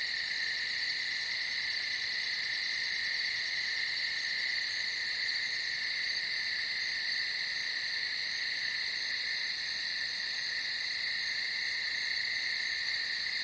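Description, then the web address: Cicadas droning without a break, a steady shrill hum in two high bands that holds the same level throughout. Cicadas heard in nature at night. "som da natureza noturna com cigarras"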